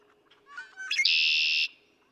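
Red-winged Blackbird giving its song: soft stuttering notes, then a sharp upslurred note opening a long, buzzy, rattling trill.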